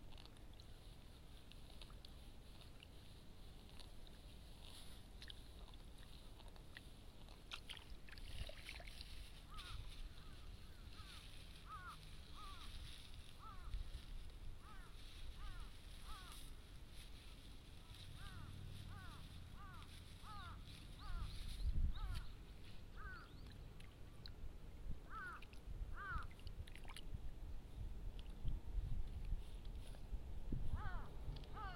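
Rice seedlings are pulled by hand from a flooded nursery bed and bundled with straw, with low sloshing and splashes of water that swell around 20 and 29 seconds. From about ten seconds on, short chirping animal calls repeat in quick runs over a steady hiss.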